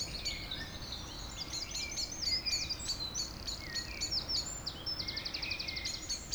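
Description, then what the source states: Birds singing in a chorus: several overlapping high chirps, trills and whistles, with a fast buzzy trill near the end, over a low steady background rumble. Evening village birds in Tregastel bourg, Pleumeur-Bodou, France; around 8 pm, humid weather, April 2019; recorded with MKH 8040 ORTF pair, Rycote, Zoom H5.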